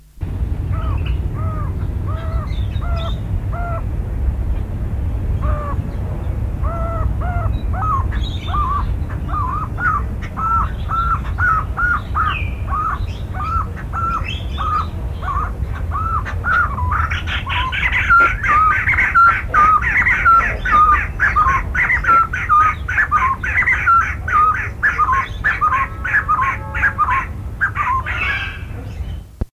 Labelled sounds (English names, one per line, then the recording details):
White-crested Laughingthrush song
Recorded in captivity
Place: Zoo Hannover, Niedersachsen, DE
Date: 1976-11-02
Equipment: Halbspur, 9,5 cm/s
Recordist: Lütgens, Hans
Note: Gesang